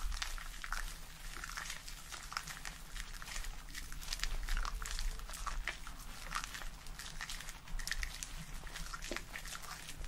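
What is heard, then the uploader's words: Busy crackling and squishing of foamy lather being worked into a scalp, with dense bright fizzy bursts coming every fraction of a second without a set rhythm. A steady low hum runs underneath throughout. ASMR Scalp Massage and Hair Wash Treatment Roleplay for Sleep foamy scalp layered sounds.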